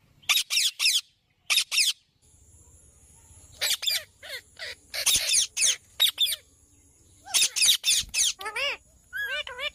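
Bird calling busily: rasping bursts in quick series, with some thinner whistled slurred notes near the end and a faint steady hiss.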